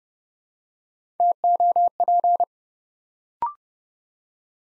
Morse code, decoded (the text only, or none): TOP